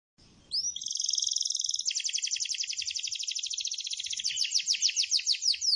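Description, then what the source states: Canary singing: after a brief noise, a sustained rolling trill, then slower repeated sweeping notes to the end. Canary described as gacor, singing continuously.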